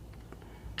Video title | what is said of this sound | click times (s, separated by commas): How to Upgrade Hobbywing Remote Battery. | doesn't get caught into anything and um just snap it | 0.8 s